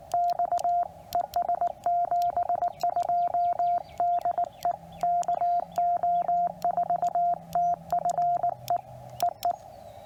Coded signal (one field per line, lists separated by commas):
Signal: Morse code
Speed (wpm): 19 wpm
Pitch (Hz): 700 Hz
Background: radio noise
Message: X ES 72 DE KO4TFE EE